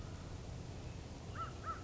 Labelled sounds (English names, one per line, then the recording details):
American Crow
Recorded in Sonoma County, California